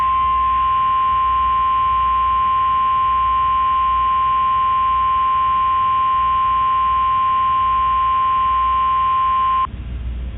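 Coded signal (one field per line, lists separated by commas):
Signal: Emergency Alert System (SAME) tones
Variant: 1050 Hz attention tone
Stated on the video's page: Fictional EAS scenario using valid EAS tones; the events are purely made up.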